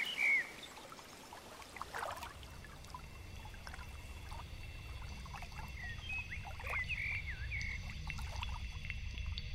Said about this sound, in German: Und plötzlich kommt Wind auf und die Bäume beginnen zu rauschen.